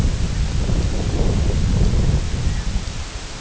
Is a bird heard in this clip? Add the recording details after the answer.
no. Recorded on Arctic tundra, site IGLO-F, on 19 June 2018. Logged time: 06:00